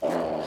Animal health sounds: pig call; piglet (1 to 25 days)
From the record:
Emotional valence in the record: positive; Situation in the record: huddling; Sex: male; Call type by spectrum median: low-frequency call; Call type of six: low-frequency stable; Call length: 0.47 s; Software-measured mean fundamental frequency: 55 Hz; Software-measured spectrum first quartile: 412 Hz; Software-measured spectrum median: 588 Hz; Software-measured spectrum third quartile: 784 Hz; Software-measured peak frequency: 595 Hz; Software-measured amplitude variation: 109 dB a second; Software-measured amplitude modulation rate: 22.3 a second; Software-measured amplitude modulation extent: 4.9 dB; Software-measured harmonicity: 1.6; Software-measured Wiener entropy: -0.74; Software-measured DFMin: 1015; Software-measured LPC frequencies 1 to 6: 598, 1747, 2848, 4337, 5798, 6664 Hz

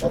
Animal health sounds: pig call; piglet (1 to 25 days)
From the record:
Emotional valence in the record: positive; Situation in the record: reunion after long isolation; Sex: female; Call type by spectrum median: low-frequency call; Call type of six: low-frequency tonal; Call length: 0.10 s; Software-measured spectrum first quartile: 277 Hz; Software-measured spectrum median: 496 Hz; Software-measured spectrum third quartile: 680 Hz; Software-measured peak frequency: 510 Hz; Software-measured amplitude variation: 116 dB a second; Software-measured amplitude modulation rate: 4.9 a second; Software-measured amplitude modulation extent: 23.7 dB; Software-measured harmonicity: 3.6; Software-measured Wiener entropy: -0.64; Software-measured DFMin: 713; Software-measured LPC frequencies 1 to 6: 546, 3256, 5406, 6159, 6876, 7400 Hz

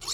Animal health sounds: pig call; weaner (32 to 43 days)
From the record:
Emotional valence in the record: negative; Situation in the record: long isolation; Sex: female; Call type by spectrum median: high-frequency call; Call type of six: high-frequency stable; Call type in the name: high-frequency stable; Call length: 0.14 s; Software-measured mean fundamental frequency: 364 Hz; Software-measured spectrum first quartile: 3627 Hz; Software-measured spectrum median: 5092 Hz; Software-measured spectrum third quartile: 6666 Hz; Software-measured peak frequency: 4373 Hz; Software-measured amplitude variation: 102 dB a second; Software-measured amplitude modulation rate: 7.2 a second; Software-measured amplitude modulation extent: 14.2 dB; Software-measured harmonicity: 2.1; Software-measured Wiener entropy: -1.61

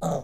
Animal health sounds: pig call; piglet (1 to 25 days)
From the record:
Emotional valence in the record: negative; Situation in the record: long isolation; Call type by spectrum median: low-frequency call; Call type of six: low-frequency modulated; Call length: 0.23 s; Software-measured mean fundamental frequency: 76 Hz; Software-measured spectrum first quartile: 202 Hz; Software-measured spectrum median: 514 Hz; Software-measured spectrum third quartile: 808 Hz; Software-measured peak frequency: 573 Hz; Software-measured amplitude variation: 115 dB a second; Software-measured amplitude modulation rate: 10.7 a second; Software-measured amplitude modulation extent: 10.8 dB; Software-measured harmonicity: 2.5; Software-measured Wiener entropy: -0.60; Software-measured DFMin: 1159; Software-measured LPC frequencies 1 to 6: 647, 1218, 3660, 6499, 7130, 7975 Hz

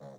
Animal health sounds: pig call; piglet (1 to 25 days)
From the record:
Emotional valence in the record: negative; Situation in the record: short isolation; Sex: female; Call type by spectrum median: low-frequency call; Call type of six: low-frequency stable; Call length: 0.19 s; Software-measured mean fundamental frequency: 50 Hz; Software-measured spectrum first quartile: 184 Hz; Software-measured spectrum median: 457 Hz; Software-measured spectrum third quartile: 641 Hz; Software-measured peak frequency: 539 Hz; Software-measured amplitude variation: 79 dB a second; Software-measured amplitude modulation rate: 13.0 a second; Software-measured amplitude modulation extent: 6.1 dB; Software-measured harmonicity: 1.6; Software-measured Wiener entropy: 0.23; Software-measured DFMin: 1771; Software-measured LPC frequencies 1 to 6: 567, 1778, 3617, 4130, 5799, 6942 Hz

